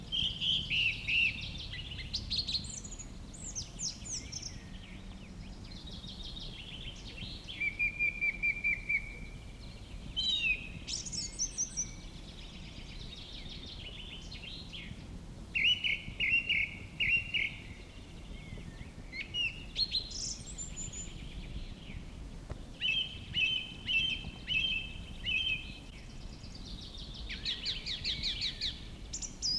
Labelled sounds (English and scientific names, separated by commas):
Song Thrush (Turdus philomelos) song